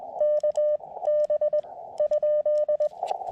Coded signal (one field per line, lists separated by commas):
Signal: Morse code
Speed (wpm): 19 wpm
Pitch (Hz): 590 Hz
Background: none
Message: KB ?